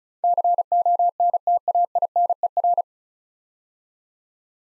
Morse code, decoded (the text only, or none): CONTAINER